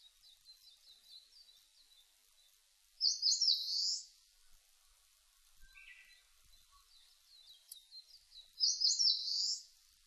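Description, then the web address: Eastern crowned warbler song: two loud, high, buzzy slurred phrases roughly five and a half seconds apart, with softer repeated notes in the gaps. Recorded 19 April 2005. "2005 050419 sendaimusikui"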